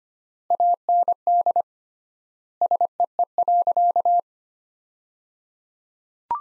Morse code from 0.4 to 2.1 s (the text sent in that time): AND